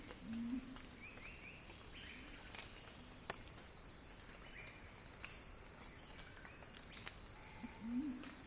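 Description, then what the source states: Steady, high cicada buzz runs without pause; soft low calls come at the start and again near the end. Cicada song described as a crescendo.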